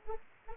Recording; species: mosquito wingbeat signal from an infrared sensor; Anopheles arabiensis